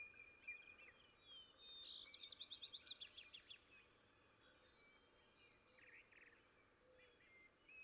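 Vesper sparrow song with brief opening notes and a quick run of trilled notes, heard through steady background noise with a few scattered chirps afterwards.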